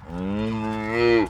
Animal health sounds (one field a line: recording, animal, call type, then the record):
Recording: contact call of a hoofed animal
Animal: cattle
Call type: low-frequency (closed-mouth) or high-frequency (open-mouth) call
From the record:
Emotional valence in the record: negative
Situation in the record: full separation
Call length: 1.30 s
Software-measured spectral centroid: 1520 Hz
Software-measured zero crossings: 1210 a second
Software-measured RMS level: -23 dBFS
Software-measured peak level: -8 dBFS